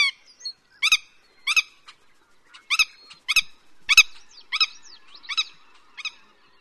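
Willet giving a series of sharp, harsh kip notes, one every half second to second, with a few faint softer notes between.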